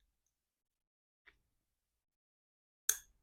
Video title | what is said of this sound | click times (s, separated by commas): EVO SOFTAIL PROJECT Part 5. Restore/Clean Time + Stripped Fork Legs. 89 Harley-Davidson FXSTC. | Oh yeah, clicked right in. | 2.9 s